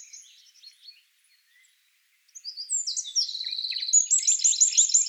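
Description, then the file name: Eurasian wren: scattered faint high notes, a short pause, then an energetic rush of loud trilled notes. "Troglodytes troglodytes"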